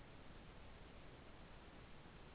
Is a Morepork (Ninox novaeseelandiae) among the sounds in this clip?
no